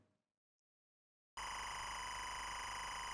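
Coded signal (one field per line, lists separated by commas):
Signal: timecode audio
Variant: SMPTE LTC, EBU 25 fps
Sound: brief silence, then a continuous harsh, raspy buzz with a steady warbling edge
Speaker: and that's the simpti time code you're hearing check top right the time code is running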